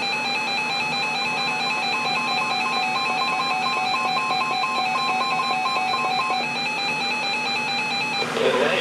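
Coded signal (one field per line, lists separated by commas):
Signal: none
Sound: music jingle tones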